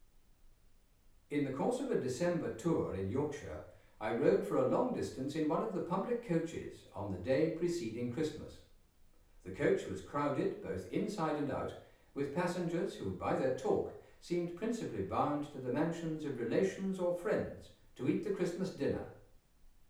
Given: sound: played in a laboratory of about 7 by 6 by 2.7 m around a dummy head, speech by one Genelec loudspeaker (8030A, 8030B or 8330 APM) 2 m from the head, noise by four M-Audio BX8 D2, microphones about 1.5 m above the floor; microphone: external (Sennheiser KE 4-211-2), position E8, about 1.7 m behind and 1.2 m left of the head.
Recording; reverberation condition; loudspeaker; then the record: male speech in English; medium; 30 degrees to the left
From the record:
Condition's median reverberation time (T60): about 510 ms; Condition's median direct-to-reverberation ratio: about -0.5 dB